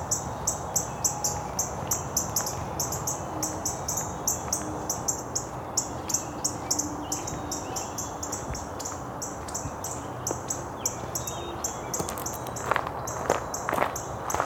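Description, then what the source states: Northern Cardinal giving a steady stream of sharp, high ticks, with a few loud clicks near the end. Several very active cardinals ticking rather than singing, possibly a territorial dispute with arguing and chasing; late April, ravine road on the western edge of Lake Ontario.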